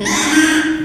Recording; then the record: squeal of a Yucatan mini pig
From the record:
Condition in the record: after surgery on the right vocal fold (resection and tissue-engineered implant); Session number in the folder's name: 3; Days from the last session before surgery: 33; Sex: male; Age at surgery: 12 weeks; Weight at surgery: 13 kg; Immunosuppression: cyclosporine, prednisolone